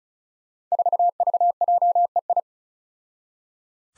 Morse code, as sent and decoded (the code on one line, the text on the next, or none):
....- ...- .--- . ..
4VJEI